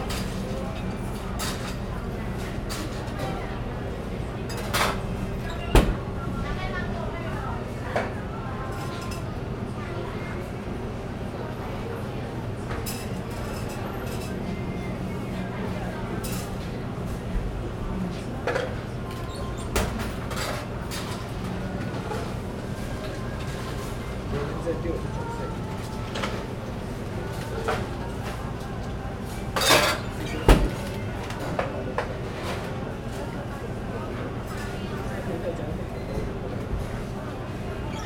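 Work behind a coffee bar: cups, cutlery and metal tools clatter in scattered sharp knocks, loudest near six seconds and again around thirty. Underneath runs a steady low rumble of passing traffic and trains, with faint talk in the room.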